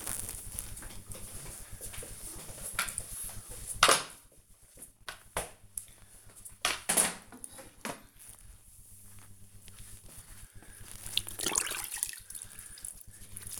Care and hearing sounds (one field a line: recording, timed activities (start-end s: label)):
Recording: household activities, microphone on the right wrist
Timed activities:
3.54-13.60 s: floor cleaning